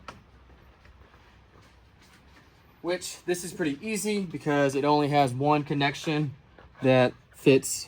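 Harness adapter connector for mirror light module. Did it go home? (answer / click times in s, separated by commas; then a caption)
no / none. A plastic harness adapter connector for the mirror light module of a 2017 Ram 2500 Limited Mega Cab is picked up and handled before being plugged in, with a brief handling tick at 0.1 s followed by quiet rustling. From about 2.8 s someone talks. Nothing has seated or clicked yet.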